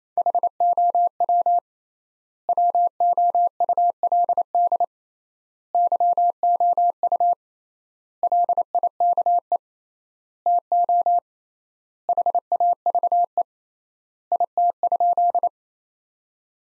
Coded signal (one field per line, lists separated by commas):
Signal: Morse code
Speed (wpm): 28 wpm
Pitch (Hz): 700 Hz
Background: none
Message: HOW WOULD YOU LIKE TO HAVE IT?